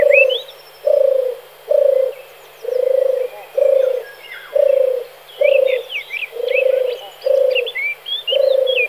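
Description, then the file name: European turtle dove, a steady series of low purring phrases repeated about every second, with high twittering songbirds behind. "hrdlička-divoká"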